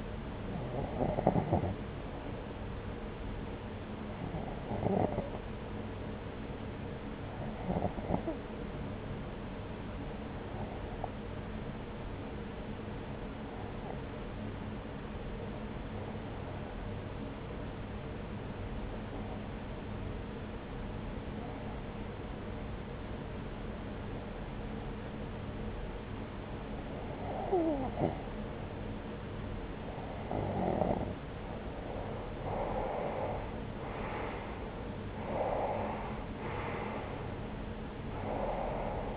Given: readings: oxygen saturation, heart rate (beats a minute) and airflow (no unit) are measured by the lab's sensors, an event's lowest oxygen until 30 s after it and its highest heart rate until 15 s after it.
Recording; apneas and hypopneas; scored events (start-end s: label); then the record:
breathing in sleep by a voice recorder at the bedside; 1
4.00-30.50 s: hypopnea (N1, oxygen 93% highest, then 88% lowest)
From the record:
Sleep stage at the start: N1 (lightest sleep); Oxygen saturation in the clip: 89 to 93%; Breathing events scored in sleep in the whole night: 303 in 8.1 hours asleep